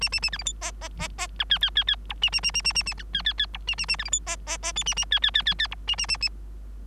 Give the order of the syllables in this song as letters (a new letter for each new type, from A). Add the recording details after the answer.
A A A B C D E E E E F G G G G H A A A A A A A F G G G H A A A B C D E E E I A A G G G G G H A A A A. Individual Bird3